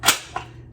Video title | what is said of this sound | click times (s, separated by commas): 🛒🤯 50% OFF Everything at the DISCOVERY SHOP! 😮 👉THRIFT WITH ME to see what I found! 👀🌼 | and it snaps in place pretty neat they had this for twelve dollars which means i paid six | 0.4 s